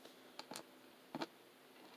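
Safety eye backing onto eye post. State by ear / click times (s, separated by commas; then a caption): not seated / none. A 6 mm plastic safety eye and its backing washer are handled before the washer is pushed down onto the eye post. A few short, light ticks occur around 0.4, 0.6 and 1.2 seconds over a quiet background. Nothing has seated or clicked yet.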